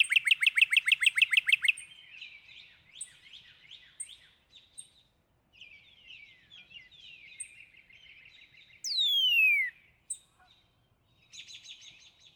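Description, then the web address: Northern cardinal song: a loud, fast volley of down-slurred whistled notes, quieter chips, and later one long high whistle falling steeply in pitch. "birdsongforthecurious Northern Cardinal"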